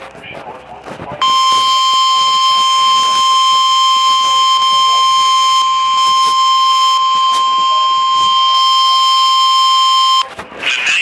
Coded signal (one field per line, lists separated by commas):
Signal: Emergency Alert System (SAME) tones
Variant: 1050 Hz attention tone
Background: speech